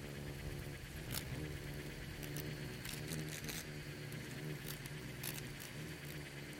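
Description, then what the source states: Insects swarming, an unbroken low drone with several brief clicking bursts. Bugs and beetles swarming in the Namib desert; a quiet desert soundscape of micro-sounds.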